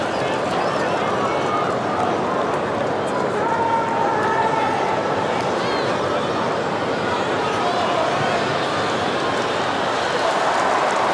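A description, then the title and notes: A rugby league crowd roars in a dense, steady wash of many voices that hardly rises or falls across the whole stretch. A few individual shouts stand out briefly near the middle, and some faint thuds and scuffles sit low underneath. Sounds of Rugby League. No commentators, just crowd and the sound of human collision.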